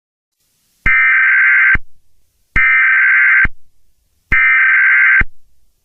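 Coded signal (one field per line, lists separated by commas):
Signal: Emergency Alert System (SAME) tones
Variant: header bursts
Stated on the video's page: Fictional EAS scenario, not a real alert.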